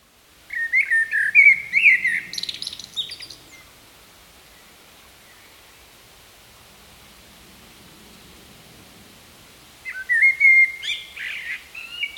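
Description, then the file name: Common blackbird singing two phrases separated by a long quiet pause, each made of fluty warbled whistles that end in squeaky high twitters. "Turdus merula"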